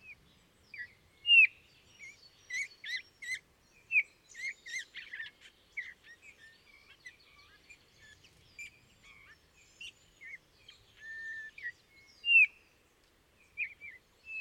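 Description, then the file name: Eurasian bullfinch giving soft piping whistles at intervals among many higher chirps and twitters. "gimpel"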